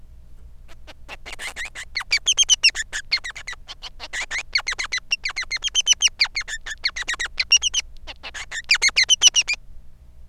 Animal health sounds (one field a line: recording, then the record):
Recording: song of a male Bengalese finch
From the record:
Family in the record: son of father 3